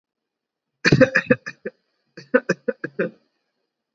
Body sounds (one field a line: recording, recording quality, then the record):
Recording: shallow voluntary cough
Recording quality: excellent, no background noise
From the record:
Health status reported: recovered from COVID-19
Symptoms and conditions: none ticked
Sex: male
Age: 18 years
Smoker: not ticked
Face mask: not worn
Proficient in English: yes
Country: India